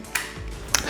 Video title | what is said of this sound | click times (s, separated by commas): They said it was strong! Leffe Rituel 9 | then push this down in and just wait for that click so here's the here's the little click | 0.8 s